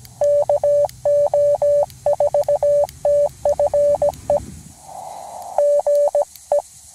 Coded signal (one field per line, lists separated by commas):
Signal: Morse code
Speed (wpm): 17 wpm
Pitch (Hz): 580 Hz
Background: none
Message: KO4TFE GE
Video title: CW QRP POTA | Redemption after first failed activation?!? #cw #qrp #hamradio